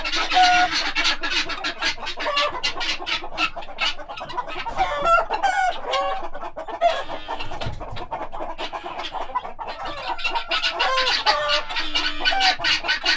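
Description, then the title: Guineafowl chattering harshly in a dense, steady stream of rasping pulses, several birds calling together with brief higher tonal notes mixed in. Agitated domestic guineafowl at Monsieur Friard's farm, Groslée-Saint-Benoit, France, in the morning; recorded in ORTF stereo with Sennheiser MKH8040 and SD MixPre 6. "Ferme de Monsieur Friard - Groslée-Saint-Benoit, France - Pintades vénères"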